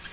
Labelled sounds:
Nashville Warbler flight call

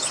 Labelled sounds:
Louisiana Waterthrush flight call

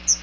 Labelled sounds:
Chestnut-sided Warbler flight call

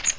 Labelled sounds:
Magnolia Warbler flight call

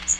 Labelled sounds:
Magnolia Warbler flight call

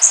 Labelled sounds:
Blackburnian Warbler flight call

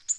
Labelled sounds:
Black-throated Green Warbler flight call

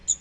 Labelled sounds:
Magnolia Warbler flight call

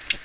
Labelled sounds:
Ovenbird flight call

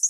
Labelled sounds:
Lucy's Warbler flight call

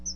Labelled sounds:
Chestnut-sided Warbler flight call

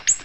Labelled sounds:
Ovenbird flight call

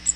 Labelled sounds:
Cape May Warbler flight call

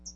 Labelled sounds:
Hooded Warbler flight call

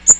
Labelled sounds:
Magnolia Warbler flight call

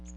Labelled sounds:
Magnolia Warbler flight call

